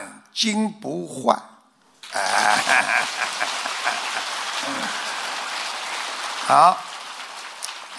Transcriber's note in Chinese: 掌声